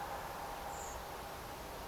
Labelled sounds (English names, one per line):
Common Blackbird